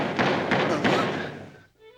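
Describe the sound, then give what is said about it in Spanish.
Three heavy knocks on a door, evenly spaced over a steady background of noise, then the sound quickly fades away. “¡Llama a la puerta!”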